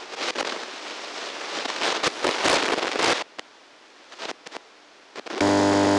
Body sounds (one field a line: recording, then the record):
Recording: brain microelectrode recording played as sound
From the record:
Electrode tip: outside the subthalamic nucleus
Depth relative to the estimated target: -6 mm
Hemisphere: left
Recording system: NeuroSet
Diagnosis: Parkinson's disease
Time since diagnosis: 9 years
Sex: male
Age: 61 years